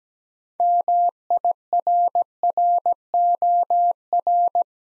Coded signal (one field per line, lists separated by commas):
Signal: Morse code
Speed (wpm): 17 wpm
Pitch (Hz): 700 Hz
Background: none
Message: MIRROR